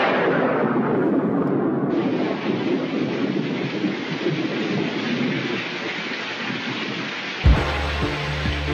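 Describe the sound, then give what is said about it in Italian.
Heavy, steady rain roars alongside deep rolling thunder for several seconds, then gives way to a sudden thump and a different low tone at the very end. “Potrebbe piovere.”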